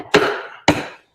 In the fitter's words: snaps into place and it's there